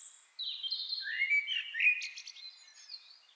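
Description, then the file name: Common blackbird singing a continuous run of whistled, squeaky notes that rise and fall, with a rougher scratchy passage partway through. "Turdus merula"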